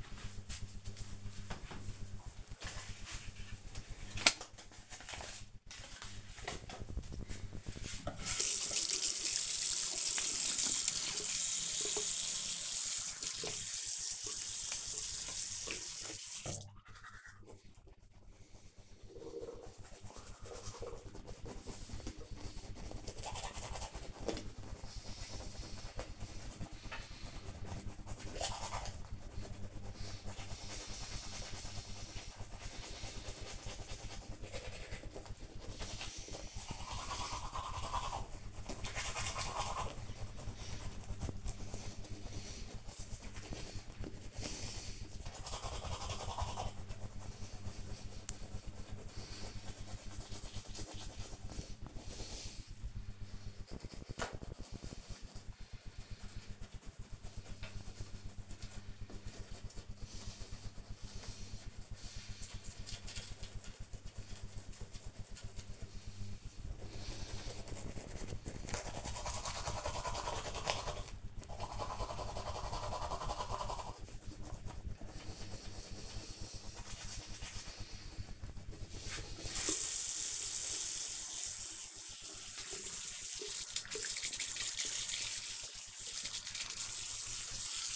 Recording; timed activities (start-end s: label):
household activities, microphone on the right wrist
7.61-87.96 s: brushing teeth